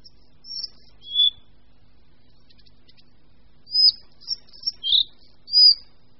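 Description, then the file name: Collared flycatcher song: a few high whistles, a pause, then a brisk phrase of high whistled notes. "Lejsek bělokrký"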